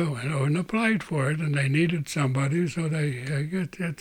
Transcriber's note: none